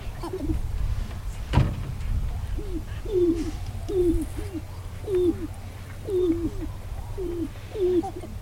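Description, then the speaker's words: Sharp-tailed grouse lek calls: low, curling coo-like notes given roughly once a second, sometimes doubled, with one sharp knock early and a soft rumbling background. Lekking display in tall prairie grasslands at Wainwright, Alberta. "Yes, so in Wainwright, in the tall prairie grasslands, listening to a sharp-tailed grouse do a little bit of lekking."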